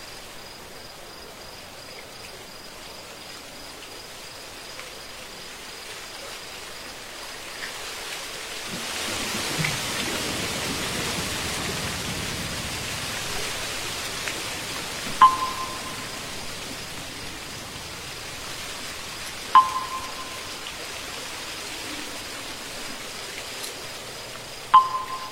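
A night scene at an old temple: a steady soft hiss with a thin, high insect-like whine runs throughout, swelling briefly around the middle. Three sharp struck notes ring out at about 15, 19 and 25 seconds, each leaving a short bright tone.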